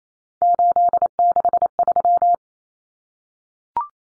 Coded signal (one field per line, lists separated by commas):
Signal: Morse code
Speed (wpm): 28 wpm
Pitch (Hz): 700 Hz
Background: none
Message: 863